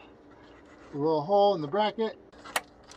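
A plastic push-in clip on the engine wiring harness of a Nissan Frontier/Xterra/Pathfinder VQ40DE engine is pressed into the small hole in a metal bracket during reassembly of the intake. Someone talks from about 1.0 to 2.1 s, then a sharp snap is heard at 2.6 s as the clip pushes through the hole. The clip is confirmed seated in the bracket.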